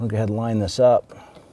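A man talks while the plastic electrical connector of a rear ABS wheel speed sensor on a 1999-2004 Jeep Grand Cherokee is lined up with its mating vehicle wiring harness connector. His voice fills the first second, followed by quiet, low handling noise. The connector has not been pushed in or clicked yet, and nothing has seated.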